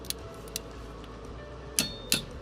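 A click-type torque wrench set to 30 ft-lb tightens the CV axle flange bolts on a DeLorean, with light ratchet ticks at about 0.1 and 0.6 s over a low steady hum. Two louder, sharp metallic clicks follow at 1.8 s and 2.1 s, the wrench's setting clicks showing the bolt has reached its torque.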